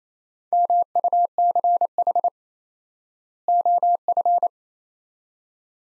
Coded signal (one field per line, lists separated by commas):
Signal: Morse code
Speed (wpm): 28 wpm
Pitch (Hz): 700 Hz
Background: none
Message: MUCH OF